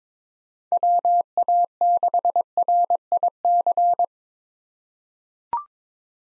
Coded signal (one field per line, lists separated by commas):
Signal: Morse code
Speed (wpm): 22 wpm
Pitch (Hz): 700 Hz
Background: none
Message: WA6RIC